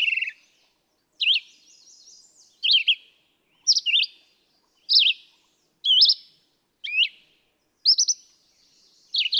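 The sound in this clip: Red-eyed vireo repeating quick, high, slurred whistled phrases about once per second, each phrase slightly different from the last.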